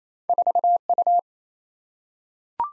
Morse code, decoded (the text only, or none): 4U